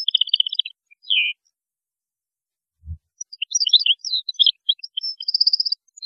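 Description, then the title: European goldfinch song: rapid tinkling, twittering phrases with a buzzy trill, a pause, then a longer liquid twittering run ending in a repeated trill; a faint low thump midway. "Chant Chardonneret"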